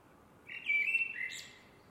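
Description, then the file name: Eurasian blackbird uttering a single brief, mellow warbled phrase with a faint high squeak, followed by quiet. "MERLES"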